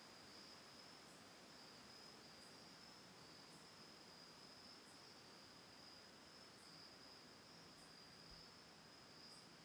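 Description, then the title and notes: Cricket chirping forms an unbroken high-pitched trill throughout, with faint regular ticking above. Autumn night, Oct. 10th 2020, lakeside home in Ithaca, New York, by Cayuga Lake. "Autumn Night: Ithaca, New York. Recorded Oct. 10th 2020 from a lakeside home in Ithaca, New York. Sounds of crickets, birds and a single tolling windbell (Cosanti Bells)"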